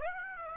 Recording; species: mosquito wingbeat signal from an infrared sensor; Aedes aegypti